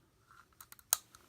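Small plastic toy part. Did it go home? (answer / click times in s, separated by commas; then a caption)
yes / 0.9 s. A plastic missile accessory is pushed into the front launcher of a toy submarine, with small plastic ticks and scrapes at about 0.6 to 0.8 seconds as it goes in. It pops in with one sharp, loud snap at 0.9 seconds, followed by a faint tick, and the missile is seated.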